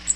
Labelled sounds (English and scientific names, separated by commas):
Cape May Warbler (Setophaga tigrina) flight call